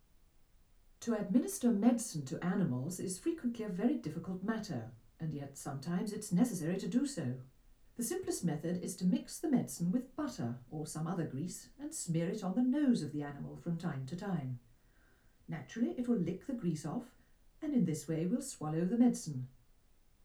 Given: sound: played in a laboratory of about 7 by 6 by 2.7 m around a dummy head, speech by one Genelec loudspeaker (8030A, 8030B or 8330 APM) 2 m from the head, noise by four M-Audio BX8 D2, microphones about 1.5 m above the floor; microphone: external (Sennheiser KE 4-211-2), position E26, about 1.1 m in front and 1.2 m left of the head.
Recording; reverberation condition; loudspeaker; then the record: female speech in English; low; 60 degrees to the right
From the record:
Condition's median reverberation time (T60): about 310 ms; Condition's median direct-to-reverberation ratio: about 3.5 dB